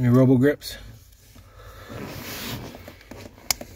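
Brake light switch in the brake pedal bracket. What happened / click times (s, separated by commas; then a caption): The switch snapped free of its bracket / 3.5 s. Someone talks briefly, then faint scraping and small ticks follow as pliers work the old brake light switch out of its mount on the brake pedal bracket of a 2005–2010 Jeep Commander/Cherokee during a replacement for C107/C504 ABS codes. A sharp snap at 3.5 s marks the switch coming free of the bracket, followed by a small tick.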